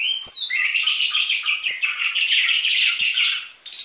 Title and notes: PANCINGAN Anis Merah Gacor Materi Isian Rapat Cocok Untuk MASTERAN Anis Merah TROTOL. pikat